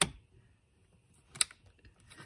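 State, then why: Seated. A smaller plastic wiring harness plug, part of a Tesla Model 3 / Y blind spot monitoring assist system, is lined up and pushed into the blue OBD port connector. After a sharp tap at the very start and some quiet handling noise, a crisp click at 1.4 s marks the plug seating, followed by faint plastic rustling.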